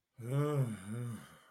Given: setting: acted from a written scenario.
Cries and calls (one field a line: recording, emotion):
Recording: vocal sound without words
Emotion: ecstasy